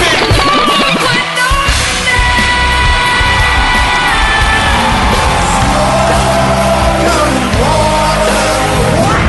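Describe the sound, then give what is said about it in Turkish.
A large crowd at a live concert roars steadily, with yells, whoops and cheering layered over a continuous wash of applause, loud and dense throughout with no pauses. “Yıllardır aşina olduğunuz şarkılar ve alkışlar aynı potada eriyor.”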